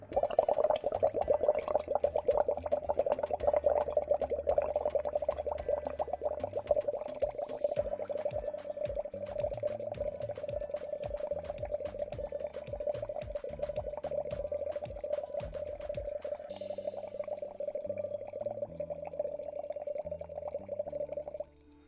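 Continuous, even bubbling as someone blows gently through a small straw into a half-full glass of water, a lax vox voice exercise, with a steady pitched hum sustained throughout; the bubbling stays regular for about twenty seconds before stopping.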